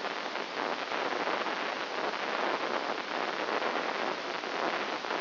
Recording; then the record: brain microelectrode recording played as sound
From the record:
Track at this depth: inside the subthalamic nucleus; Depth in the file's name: 1.456 mm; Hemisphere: left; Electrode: 1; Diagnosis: Parkinson's disease